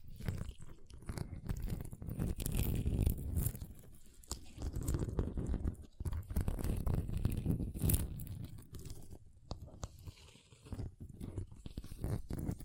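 Ice being tapped, scratched and carved, with dense crunchy grinding and scraping that runs almost without pause. Sharp clicks and taps punctuate it, with bright bursts around two, six and eight seconds, and quieter stretches near four and ten seconds.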